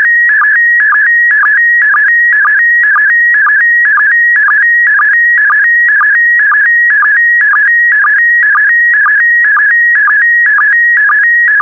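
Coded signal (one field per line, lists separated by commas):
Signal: SSTV (slow-scan television)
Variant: PD120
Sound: warbling tone around 1.5-2 kHz with regular low blips twice a second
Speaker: The next image transmission will start in 10 seconds.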